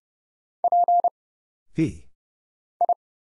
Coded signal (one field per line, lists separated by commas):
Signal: Morse code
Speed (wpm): 30 wpm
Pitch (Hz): 700 Hz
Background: none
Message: P I